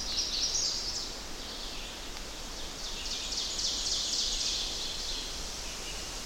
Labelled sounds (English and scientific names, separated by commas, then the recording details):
Ovenbird (Seiurus aurocapilla) song
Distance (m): 55 m
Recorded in boreal forest in Alberta, Canada, on 10 June 2016 at 06:54
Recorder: SongMeter 3, array SBT-3-39
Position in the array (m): 198 m, 76 m
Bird 17